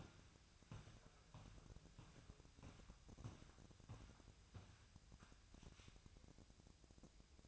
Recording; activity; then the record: daily activity, microphone in the room; walk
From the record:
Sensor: 2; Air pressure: 1012.1 hPa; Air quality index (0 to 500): 172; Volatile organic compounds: 2 ppm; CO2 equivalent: 1258 ppm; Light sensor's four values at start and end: 43/115/49/54 and 42/112/48/53